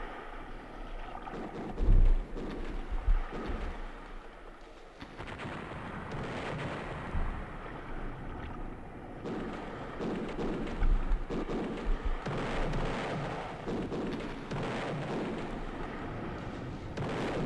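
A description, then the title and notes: A dense, rumbling battle scene of bombs and gunfire, with low booms around two and three seconds and again near eleven seconds. A continuous roar fills the whole stretch, swelling and thinning in waves, with scattered sharper cracks throughout. The beach, bombs, parachutes, gunfire and a song.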